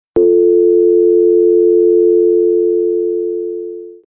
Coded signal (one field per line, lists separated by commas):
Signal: telephone call progress tone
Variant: North America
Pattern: dial tone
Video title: Dial Tone Sound Effect